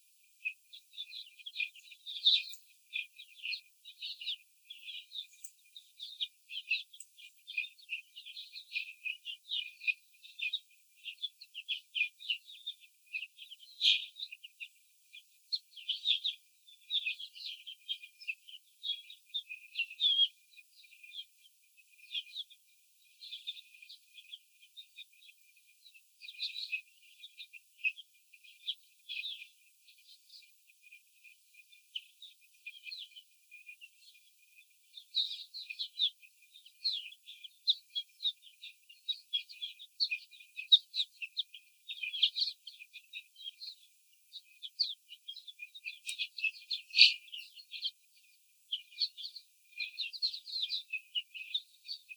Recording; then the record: young laying hens in a cage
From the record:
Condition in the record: after the stressor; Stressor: simulated dog barking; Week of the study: 4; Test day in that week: 2